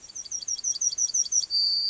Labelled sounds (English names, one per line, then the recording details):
Yellowhammer song
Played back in grassland
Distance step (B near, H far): C
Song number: 153